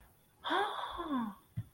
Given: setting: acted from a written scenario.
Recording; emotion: vocal sound without words; positive surprise